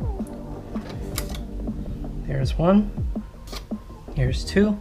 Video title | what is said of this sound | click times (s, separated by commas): HOW TO: Upgrade The CPU from an Intel Core i5 to an Intel Core i7 on a Mid-2011 21.5inch iMac | and both ram sticks will come out you'll hear like a simultaneous two pops | 1.2 s, 1.3 s